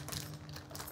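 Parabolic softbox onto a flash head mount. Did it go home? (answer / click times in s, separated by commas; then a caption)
no / none. A Godox AD-S65S 65 cm parabolic softbox is being fitted by hand onto the Godox-mount flash head of a Godox AD300 or AD400. There is a steady second of dense rustling and light clattering handling noise over a constant low hum. Nothing has seated or locked yet.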